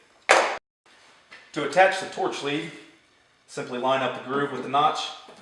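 A plasma torch lead connector is lined up groove to notch with the front socket of a Powermax45 XP plasma cutter while someone talks. A short, sharp handling knock comes near the start, then a faint tap, with speech filling the rest of the clip. The connector has not been pushed home or snapped into place yet; nothing has seated or clicked.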